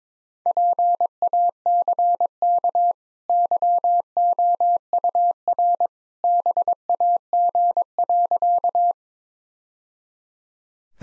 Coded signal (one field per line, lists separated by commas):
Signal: Morse code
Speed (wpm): 22 wpm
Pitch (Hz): 700 Hz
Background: none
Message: PACK YOUR BAG.